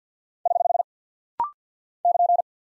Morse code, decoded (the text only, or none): <HH> <KN>